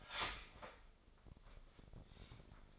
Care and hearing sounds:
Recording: daily activity, microphone in the room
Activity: start toaster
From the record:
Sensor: 5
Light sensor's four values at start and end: 35/85/34/34 and 35/85/34/35

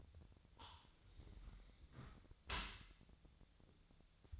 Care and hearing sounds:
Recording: daily activity, microphone in the room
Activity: close dishwasher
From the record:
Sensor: 3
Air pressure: 1006.8 hPa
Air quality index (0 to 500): 207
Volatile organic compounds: 19 ppm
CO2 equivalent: 2642 ppm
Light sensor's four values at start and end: 10/25/10/10 and 10/25/10/10

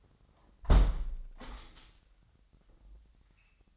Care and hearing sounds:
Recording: daily activity, microphone in the room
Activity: close window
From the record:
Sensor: 3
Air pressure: 997.9 hPa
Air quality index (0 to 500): 138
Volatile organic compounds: 4 ppm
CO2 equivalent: 1642 ppm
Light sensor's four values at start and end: 14/41/17/15 and 14/42/17/15

